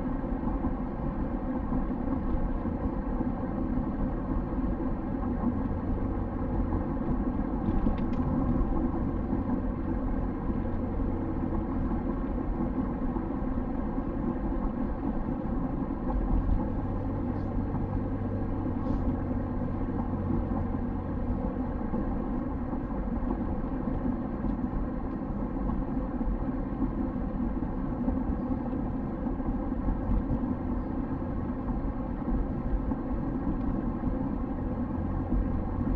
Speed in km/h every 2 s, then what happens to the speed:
60, 58, 59, 58, 59, 59, 58, 56, 58, 60, 59, 57, 54, 53, 53, 54, 54, 54.
0-19 steady at about 58. 19-25 slows to 53. 25-36 steady at about 54.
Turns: none.